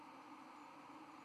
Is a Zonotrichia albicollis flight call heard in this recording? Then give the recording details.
no. No flight call is heard. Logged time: 01:02 on 1 November 2014